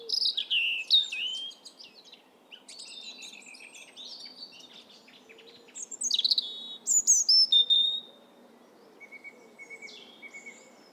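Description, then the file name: European robin singing varied, high, thin phrases mixing rapid twittering and sustained whistles, with loud bursts at the start and again after six seconds, separated by softer warbling. "Erithacus rubecula"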